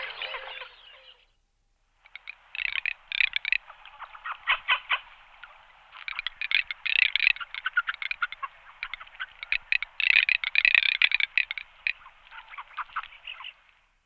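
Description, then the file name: Garganey call as a dry rattle in uneven bursts, rapid clicking pulses swelling and fading for about twelve seconds after a short opening burst and pause. "marzaiola"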